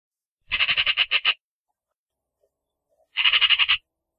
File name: Sonido de la Urraca